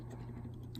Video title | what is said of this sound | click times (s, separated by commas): Unveiling my iMac 5K Retina i7 4.2Ghz 40GB RAM 1TB SSD Radeon 580 | slide in here. This is pretty simple to do. Just, it clicks in place, | 0.8 s